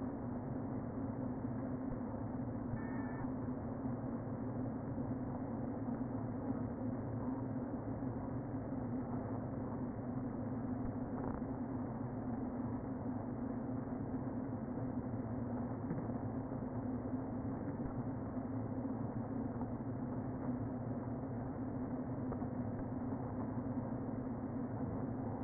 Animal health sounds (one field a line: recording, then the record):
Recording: honeybee colony, microphone inside the hive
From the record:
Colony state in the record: queen present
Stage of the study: before two queens were removed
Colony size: about 60,000 bees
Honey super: yes